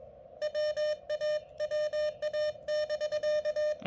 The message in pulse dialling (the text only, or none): none